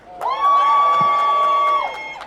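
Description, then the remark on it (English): A crowd at a demonstration against racism and fascism in Amsterdam cheers loudly for a couple of seconds, with one long, steady, high-pitched whoop ringing over the noise and scattered sharp shouts or claps around it. “A little bit louder.”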